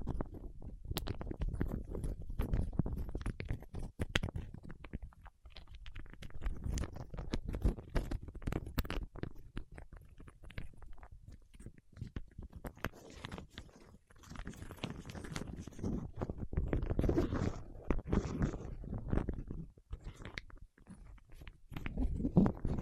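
Fingertips work over wax, giving a steady stream of sticky clicks and soft squelching crackles with a low, muffled body. The taps come fast and uneven throughout, with brief quieter gaps near 5, 14 and 21 seconds and a denser stretch around 17 seconds.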